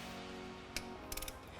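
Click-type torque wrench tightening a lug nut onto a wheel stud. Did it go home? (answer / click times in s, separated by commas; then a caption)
yes / 0.8 s. A click-type torque wrench with a non-marring socket re-torques a black lug nut (ACS Composite part number 50-4-017) onto a wheel stud of a C8 Corvette wheel. Over steady background noise, the wrench gives its sharp click at 0.8 s, and a quick run of four lighter clicks follows between 1.1 and 1.3 s. The lug nut reaches its torque setting and the wheel is done.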